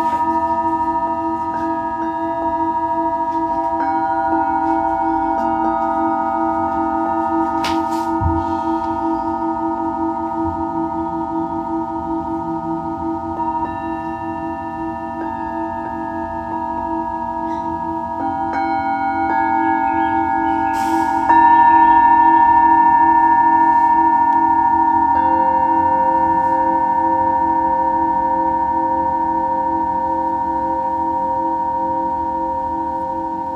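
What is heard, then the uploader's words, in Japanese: Singing bowls ring in a sustained, layered drone of steady tones, with a low hum beneath and brighter ringing partials above. Around 21 seconds a new strike adds a louder, brighter tone, and near 25 seconds another pitch enters while the sound slowly fades. メキシコから シンギングボウルのサウンドヒーリング。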